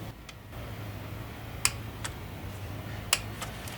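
A torque wrench tightens the fuel injector rail bolts into the engine head of a Hummer H3 to 89 inch-pounds. Two sharp clicks are heard at about 1.7 s and 3.1 s as the wrench reaches its setting, with a few fainter ticks in between over a low steady hum.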